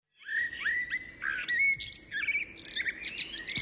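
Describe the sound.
Song thrush song: a rapid run of varied phrases, bright whistles mixed with scratchy, rattling notes.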